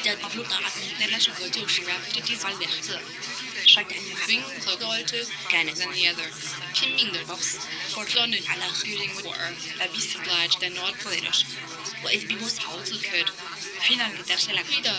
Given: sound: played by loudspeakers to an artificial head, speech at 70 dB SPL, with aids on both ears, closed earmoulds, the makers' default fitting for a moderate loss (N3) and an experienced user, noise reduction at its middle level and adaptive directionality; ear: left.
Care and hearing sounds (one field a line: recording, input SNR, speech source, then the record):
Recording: speech test signal (ISTS) in cocktail-party noise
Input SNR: -3 dB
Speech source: in front (0 degrees)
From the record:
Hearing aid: class 2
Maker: A